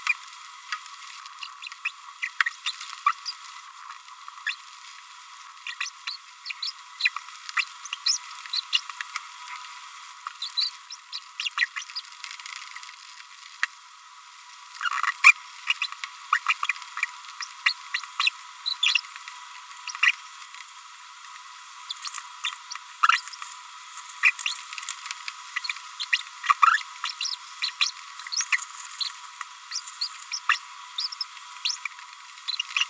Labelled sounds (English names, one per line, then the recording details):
Green-rumped Parrotlet babbling
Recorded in a nest box in Venezuela
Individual 18B25A5